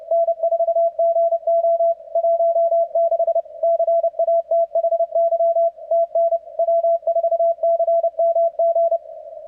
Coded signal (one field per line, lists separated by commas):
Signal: Morse code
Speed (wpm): 26 wpm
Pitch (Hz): 660 Hz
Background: none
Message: N4GO 16 CATHY TN W4CMG